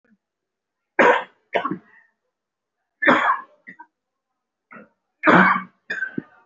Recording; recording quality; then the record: heavy voluntary cough; excellent, no background noise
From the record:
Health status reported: recovered from COVID-19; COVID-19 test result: positive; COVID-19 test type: RT-PCR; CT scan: taken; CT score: 5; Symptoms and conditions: cough, cold, breathing difficulty, chronic lung disease, pneumonia, ischaemic heart disease, another condition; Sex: male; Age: 57 years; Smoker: no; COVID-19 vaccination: both doses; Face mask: worn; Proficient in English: no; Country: India